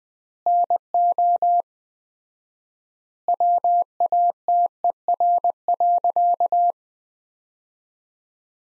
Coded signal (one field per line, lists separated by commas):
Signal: Morse code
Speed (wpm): 20 wpm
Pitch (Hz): 700 Hz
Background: none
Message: NO WATER.